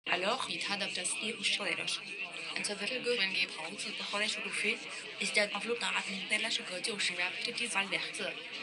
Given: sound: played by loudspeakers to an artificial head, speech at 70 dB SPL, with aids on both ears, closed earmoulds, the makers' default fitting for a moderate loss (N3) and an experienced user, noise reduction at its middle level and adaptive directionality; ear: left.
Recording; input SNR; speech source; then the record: speech test signal (ISTS) in cocktail-party noise; +6 dB; in front (0 degrees)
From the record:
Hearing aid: class 2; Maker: I